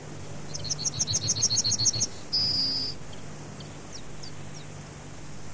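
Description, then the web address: Yellowhammer singing a rapid run of repeated thin, high notes that ends in a sustained drawn-out note, followed by faint chirps and a steady low hum. "fugler gulspurv"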